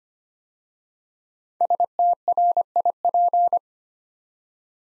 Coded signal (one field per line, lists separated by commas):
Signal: Morse code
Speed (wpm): 25 wpm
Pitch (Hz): 700 Hz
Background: none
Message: STRIP